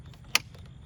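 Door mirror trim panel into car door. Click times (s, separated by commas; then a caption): 0.4 s. With its two alignment pins set in their holes, the door mirror trim panel of a 2002 Pontiac Grand Am is pushed into the car door until its plastic clip snaps home. A single sharp, bright click lands at about 0.4 s over faint, low background noise and a few soft ticks. The trim panel is seated.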